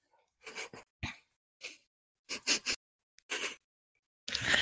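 About half a dozen short, harsh, noisy bursts come at irregular intervals over a few seconds, with quiet between them. They are ordinary dry coughs from two adults coughing together at the same moment, heard indoors in a small room.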